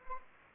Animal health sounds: mosquito wingbeat signal from an infrared sensor; Anopheles arabiensis

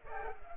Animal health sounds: mosquito wingbeat signal from an infrared sensor; Culex pipiens

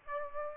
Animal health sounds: mosquito wingbeat signal from an infrared sensor; Aedes aegypti

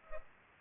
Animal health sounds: mosquito wingbeat signal from an infrared sensor; Culex pipiens

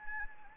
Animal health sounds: mosquito wingbeat signal from an infrared sensor; Anopheles gambiae

